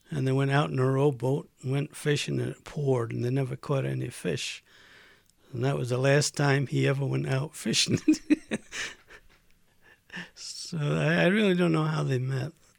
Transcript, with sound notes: and they went out in a rowboat and went fishing and it poured and they never caught any fish. And that was the last time he ever went out fishing. ( he laughs ) So I really don't know how they met.